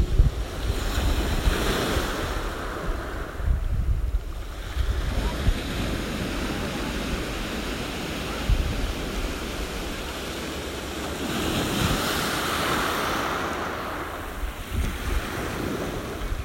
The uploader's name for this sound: sea under the broken window